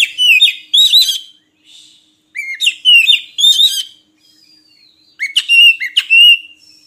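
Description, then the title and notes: Oriental magpie-robin giving short bursts of clear whistles and buzzy notes, separated by short gaps. Long-duration magpie-robin (kacer) song used as training material (isian) to get birds singing actively (gacor) day and night. "Kacer Jadi Gacor Siang Malam. Isian Kacer Durasi Panjang"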